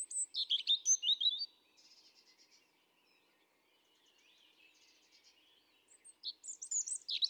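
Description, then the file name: European robin song: quick high sliding notes and sweet twitters, a quiet softer warbling passage, then a fresh run of sharp high phrases. Recorded 31 July 2017. "Erithacus rubecula 310717"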